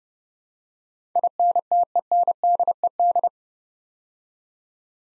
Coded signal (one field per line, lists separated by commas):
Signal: Morse code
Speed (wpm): 30 wpm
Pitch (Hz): 700 Hz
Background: none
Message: INTENDED